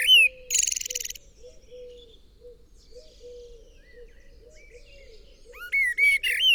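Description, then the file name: Common blackbird with a harsh, buzzy chatter near the start and a few sharp chirps at the end, while soft low hooting notes repeat in the background. "Turdus merula"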